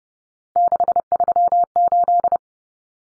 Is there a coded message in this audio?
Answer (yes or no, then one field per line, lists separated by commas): yes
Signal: Morse code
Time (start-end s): 0.6-2.4 s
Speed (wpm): 30 wpm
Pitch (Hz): 700 Hz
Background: none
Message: 638